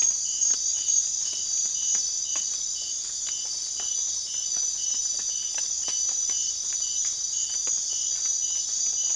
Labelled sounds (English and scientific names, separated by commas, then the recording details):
none
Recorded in secondary vegetation near Puerto Asís, Putumayo, Colombia, on 25 June 2025 at 00:30
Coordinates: 0.500, -76.326
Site GP08